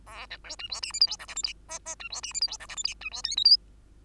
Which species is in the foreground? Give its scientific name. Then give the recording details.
Lonchura striata domestica. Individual Bird2